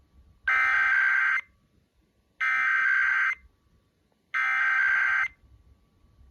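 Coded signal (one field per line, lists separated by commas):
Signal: Emergency Alert System (SAME) tones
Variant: header bursts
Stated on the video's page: Weekly test on K-LOVE radio.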